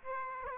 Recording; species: mosquito wingbeat signal from an infrared sensor; Aedes aegypti